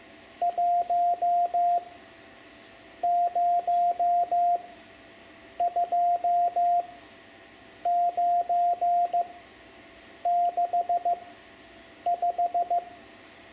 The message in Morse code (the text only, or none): 102965